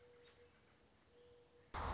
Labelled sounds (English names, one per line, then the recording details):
American Robin
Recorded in Sonoma County, California